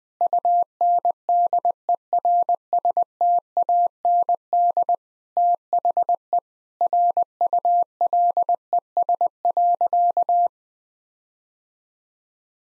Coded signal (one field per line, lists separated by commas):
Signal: Morse code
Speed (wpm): 21 wpm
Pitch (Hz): 700 Hz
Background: none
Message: UNDERSTAND THE RULES.